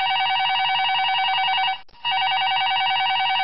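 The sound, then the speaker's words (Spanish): A telephone, the call-in line of the radio program Once Variedades in 2013, rings loudly and steadily with a bright, buzzing electronic trill, broken by one brief pause before ringing again. No voices are heard. “Vuelve a sonar el timbre de la distinción en 11 variedades.”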